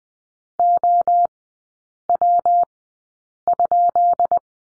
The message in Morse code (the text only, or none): OW?